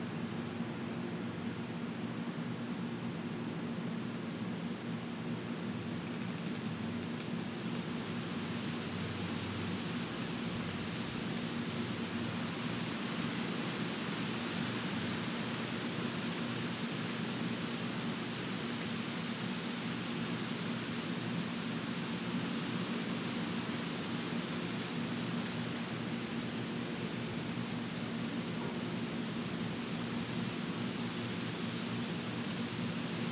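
Wind rushes steadily through trees as a dense, unbroken hiss that grows a little brighter and fuller after the first six seconds, then holds level to the end. A faint, steady low hum runs underneath throughout.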